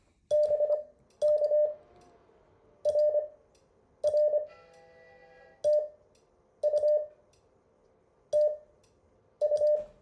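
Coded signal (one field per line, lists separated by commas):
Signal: Morse code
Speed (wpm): 25 wpm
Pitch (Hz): 600 Hz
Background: none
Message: BK RR TU TU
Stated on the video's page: Morse code lesson material from a class session.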